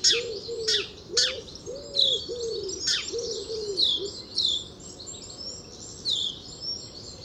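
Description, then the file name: House sparrow chirps, a few sharp notes early on, over busy high twittering, with soft low cooing notes repeated in the first half. "Passer domesticus"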